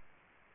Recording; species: mosquito wingbeat signal from an infrared sensor; Aedes albopictus